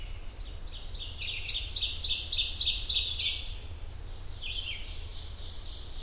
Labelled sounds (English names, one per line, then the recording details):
Ovenbird song
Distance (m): 25 m
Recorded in boreal forest in Alberta, Canada, on 30 June 2016 at 06:39
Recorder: SongMeter 3, array SBT-6-79
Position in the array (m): 60 m, 148 m
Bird 40